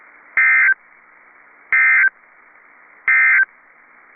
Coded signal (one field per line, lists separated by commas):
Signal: Emergency Alert System (SAME) tones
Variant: end-of-message bursts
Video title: Central Texas Severe Weather Outbreak (3/22 & 3/23/21) EAS 1542-1564